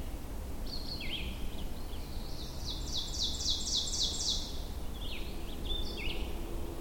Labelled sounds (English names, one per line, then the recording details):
Ovenbird song
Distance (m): 35 m
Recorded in boreal forest in Alberta, Canada, on 22 June 2016 at 08:33
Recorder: SongMeter 3, array SBT-6-76
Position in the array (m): 142 m, 111 m
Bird 3